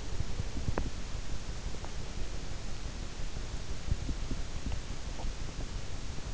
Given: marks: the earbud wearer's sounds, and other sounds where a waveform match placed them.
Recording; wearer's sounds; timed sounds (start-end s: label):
sounds in sleep by an in-ear microphone; teeth grinding
0.00-1.11 s: teeth grinding
3.79-5.16 s: teeth grinding